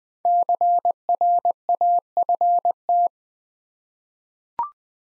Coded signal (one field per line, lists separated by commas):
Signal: Morse code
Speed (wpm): 20 wpm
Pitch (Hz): 700 Hz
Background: none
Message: CRAFT